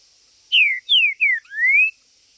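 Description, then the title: Green-winged saltator song: one clean phrase of three falling whistled slurs followed by a drawn-out rising whistle. Chirping, singing and macheando, male territorial calling in a singing contest (disputa). "TRINCA Piando, Cantando E Macheando Na DISPUTA. TRINCA FERRO"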